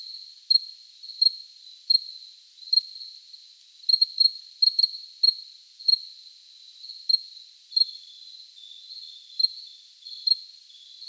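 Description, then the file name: Cricket trilling high and steady, with spaced chirps, a quick flurry near the middle, and a slightly lower wavering trill toward the end. Recorded close up. "Cricket close recording JJ"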